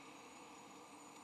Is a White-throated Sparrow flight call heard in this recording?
no